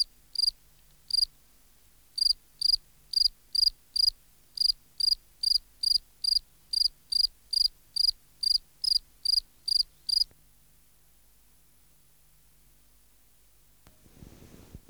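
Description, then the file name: Field cricket singing high, crisp pulsed chirps about twice a second for ten seconds, then falling silent; a soft rustle follows near the end. "Gryllus campestris"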